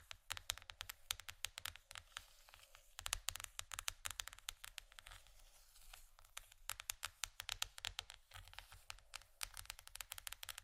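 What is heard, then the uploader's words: Quick bursts of scratching and tapping, sharp clicks in dense runs with brief pauses, bright and crisp over a low steady hum. ASMR Scratching & Tapping For Sleep（No Talking）.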